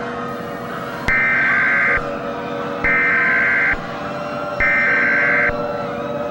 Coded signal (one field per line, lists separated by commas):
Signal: Emergency Alert System (SAME) tones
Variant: header bursts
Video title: reupload of a shitty eas scenario remake from november 2024